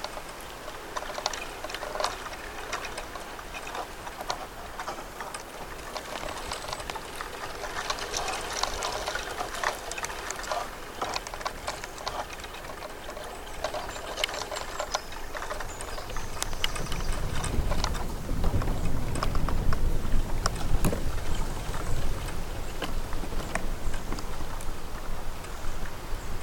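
Bamboo sways in the wind, giving a dense, steady patter of dry clicks and light knocks with a soft rustle behind them. Around the sixteen-second mark a low, rumbling gust of wind swells in and holds to the end, slightly louder than before.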